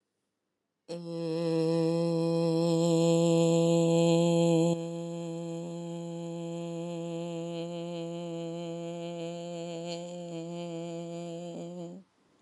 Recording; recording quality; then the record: sustained vowel as in made; excellent, no background noise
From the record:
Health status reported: recovered from COVID-19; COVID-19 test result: positive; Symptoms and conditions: cold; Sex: female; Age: 42 years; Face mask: not worn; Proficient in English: yes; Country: India